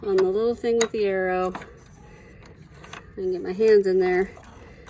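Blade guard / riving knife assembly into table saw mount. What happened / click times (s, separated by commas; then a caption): The part is handled but not yet locked in place / none. A blade guard and riving knife assembly is being handled at the mount of a DeWalt 8 1/4 inch table saw, with the arrow-marked release lever about to be pressed. Someone talks at the start and again near the end, and a few faint handling knocks are heard around 2.5 to 2.9 seconds in between. Nothing has seated or clicked yet.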